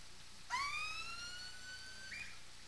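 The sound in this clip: Whale call: one harmonic-rich tonal cry that sweeps sharply upward, holds a steady pitch for over a second, then jumps briefly higher before fading, over a constant low hum.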